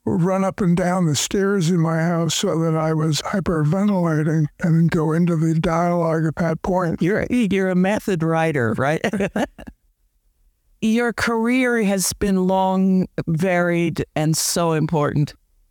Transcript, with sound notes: run up and down the stairs in my house so that I was hyperventilating and go into the dialogue at that point.
You’re a method writer, right? (They laugh.) Your career has been long varied and so important.